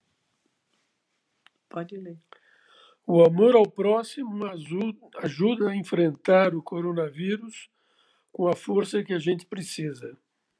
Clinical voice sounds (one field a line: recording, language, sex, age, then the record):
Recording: spoken sentence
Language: Brazilian Portuguese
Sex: female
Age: 70 to 79 years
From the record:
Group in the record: control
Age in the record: 74 years